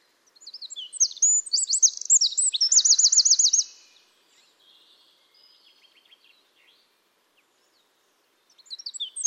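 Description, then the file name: Eurasian wren song: a shrill burst of quick notes and a fast rattling trill for nearly four seconds, then near silence before the next strophe begins. "Troglodytes troglodytes"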